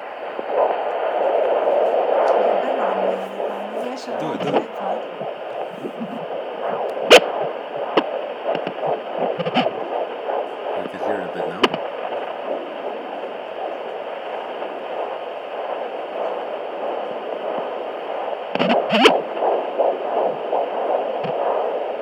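Fast whooshing pulses near 170 a minute over steady hiss: a baby's heartbeat at 13.5 weeks of pregnancy, heard on a fetal Doppler.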